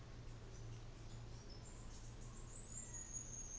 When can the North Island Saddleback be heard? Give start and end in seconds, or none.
none